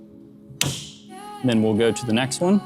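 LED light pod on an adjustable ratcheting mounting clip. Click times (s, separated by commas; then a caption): 0.6 s. A truck bed XKGLOW LED light pod is rotated upward on its adjustable plastic ratcheting clip bracket to wipe out a dark spot in the lighting. At 0.6 s the bracket gives a sharp click as the detent seats into the next angle setting, over a faint steady hum. Someone then talks.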